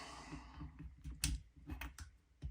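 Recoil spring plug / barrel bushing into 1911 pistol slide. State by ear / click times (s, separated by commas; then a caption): not seated / none. During 1911 pistol reassembly, a spring-loaded steel recoil spring plug held by the barrel bushing is pushed into the slide with a tool. Soft handling noise is broken by a few short, sharp metallic ticks, the loudest near the middle of the clip. The part is only handled here; nothing has seated or clicked into place yet.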